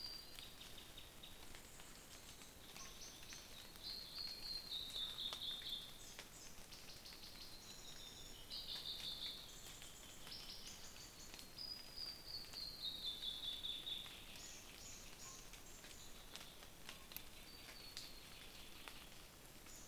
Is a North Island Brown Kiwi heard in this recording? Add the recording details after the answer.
no. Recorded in New Zealand on 21 November 2014. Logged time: 04:57. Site CL78